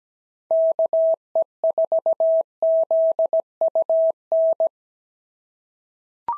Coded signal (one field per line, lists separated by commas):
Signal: Morse code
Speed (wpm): 17 wpm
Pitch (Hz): 650 Hz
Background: none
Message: KE4ZUN